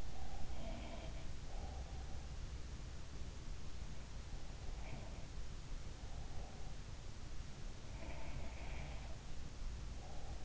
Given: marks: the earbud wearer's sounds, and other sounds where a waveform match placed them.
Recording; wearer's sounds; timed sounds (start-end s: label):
sounds in sleep by an in-ear microphone; breath
0.00-2.23 s: breath
0.38-1.51 s: sound from someone else or the room
4.68-6.82 s: breath
4.84-5.22 s: sound from someone else or the room
7.89-10.45 s: sound from someone else or the room
8.00-10.45 s: breath